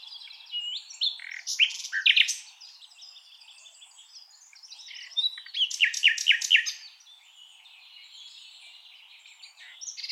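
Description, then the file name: Common nightingale song in two loud bursts of varied, rapidly repeated notes, separated by softer chattering and thin high warbles. "Luscinia megarhynchos"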